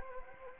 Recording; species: mosquito wingbeat signal from an infrared sensor; Anopheles gambiae